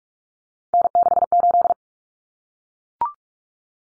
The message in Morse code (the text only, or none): N68